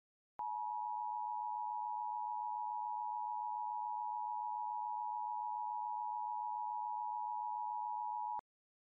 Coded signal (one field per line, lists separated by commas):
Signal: Emergency Alert System (SAME) tones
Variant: 853 and 960 Hz attention tone